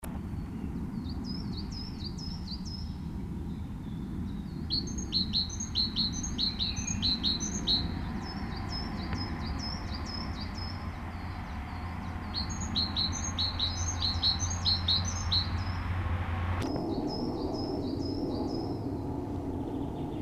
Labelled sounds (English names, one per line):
Great Tit song